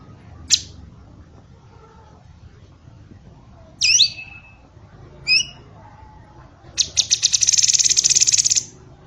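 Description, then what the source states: Bird song of scattered sharp notes and downslurred whistles, ending in a two-second rapid rattling buzz of high notes. Training recording used for teaching songbirds.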